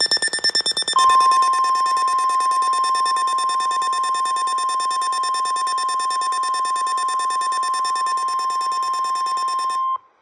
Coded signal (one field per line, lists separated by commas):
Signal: Emergency Alert System (SAME) tones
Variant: 1050 Hz attention tone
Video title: [EAS #3148-#3154] News Years Day Tests (1/1/25)